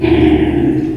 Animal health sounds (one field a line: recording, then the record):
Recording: squeal of a Yucatan mini pig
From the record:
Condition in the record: before surgery on the right vocal fold (resection and tissue-engineered implant)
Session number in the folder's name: 2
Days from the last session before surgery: -15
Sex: female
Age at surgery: 19 weeks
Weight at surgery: 25 kg